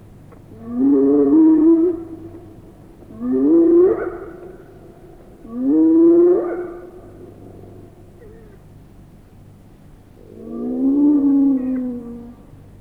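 Hyena giving four hooting whoops, the first three rising and about two and a half seconds apart, then a longer, flatter fourth after a gap of about five seconds, over a faint steady hum.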